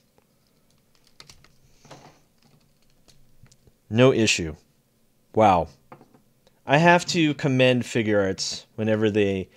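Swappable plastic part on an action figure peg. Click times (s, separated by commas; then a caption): 1.2 s. A swappable plastic part is pulled off its peg on an S.H. Figuarts PBandai-exclusive Turles action figure from Dragon Ball Z, coming off easily. Several small plastic clicks and handling taps are heard, with the clearest pop of the release at 1.2 s. Afterward, someone talks.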